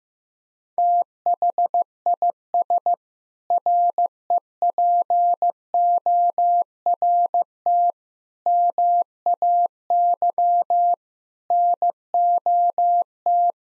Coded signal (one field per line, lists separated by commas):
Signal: Morse code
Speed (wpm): 15 wpm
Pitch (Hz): 700 Hz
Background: none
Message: THIS REPORT MAY NOT